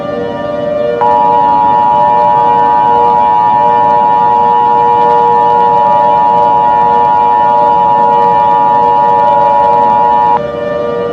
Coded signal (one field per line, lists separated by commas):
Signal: Emergency Alert System (SAME) tones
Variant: 853 and 960 Hz attention tone